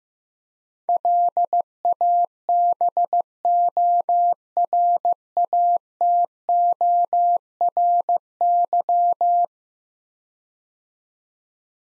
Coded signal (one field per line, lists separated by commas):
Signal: Morse code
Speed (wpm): 15 wpm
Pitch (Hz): 700 Hz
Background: none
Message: LABORATORY